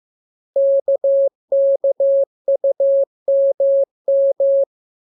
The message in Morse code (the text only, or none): KKUMM